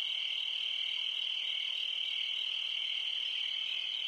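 Crickets chirping in a steady, continuous high-pitched trill that holds an even pitch throughout, with no other sounds standing out.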